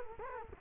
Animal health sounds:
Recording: mosquito wingbeat signal from an infrared sensor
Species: Culex quinquefasciatus

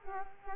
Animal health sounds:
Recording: mosquito wingbeat signal from an infrared sensor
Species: Culex quinquefasciatus

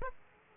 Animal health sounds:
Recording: mosquito wingbeat signal from an infrared sensor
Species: Aedes aegypti

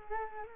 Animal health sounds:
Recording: mosquito wingbeat signal from an infrared sensor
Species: Culex quinquefasciatus

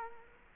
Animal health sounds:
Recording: mosquito wingbeat signal from an infrared sensor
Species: Culex quinquefasciatus

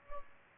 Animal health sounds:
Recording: mosquito wingbeat signal from an infrared sensor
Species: Culex pipiens

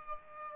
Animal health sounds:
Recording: mosquito wingbeat signal from an infrared sensor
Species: Aedes albopictus

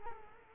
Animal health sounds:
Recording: mosquito wingbeat signal from an infrared sensor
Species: Culex quinquefasciatus

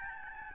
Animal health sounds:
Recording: mosquito wingbeat signal from an infrared sensor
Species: Aedes albopictus

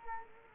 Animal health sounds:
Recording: mosquito wingbeat signal from an infrared sensor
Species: Culex quinquefasciatus

